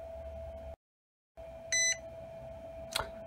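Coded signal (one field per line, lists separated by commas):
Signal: beep code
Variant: battery charger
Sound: one short high beep over a steady electrical hum, then a click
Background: electrical hum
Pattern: 1 short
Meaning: A single beep signals the fast charge is complete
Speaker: right so there you go indicate it by a single beep and the screen has turned green and it is showing that fast charge is done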